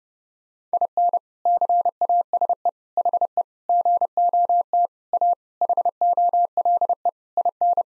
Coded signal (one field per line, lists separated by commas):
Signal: Morse code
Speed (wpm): 30 wpm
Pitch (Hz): 700 Hz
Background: none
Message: IN CASE HE GOT A HOLE IN